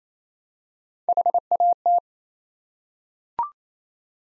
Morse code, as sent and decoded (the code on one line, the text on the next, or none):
.... .- -
HAT